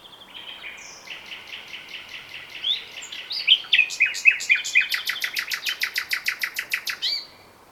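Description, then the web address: Common nightingale song: soft varied notes building into a fast, loud series of repeated clicking chirps, about four per second, ending abruptly. "SETE Luscinia megarhynchos"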